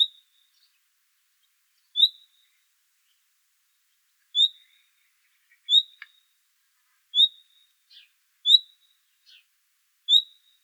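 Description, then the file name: Common nightingale giving short, clear upslurred whistled calls at uneven intervals, seven in all, with faint clicks between them. "Luscinia megarhynchos"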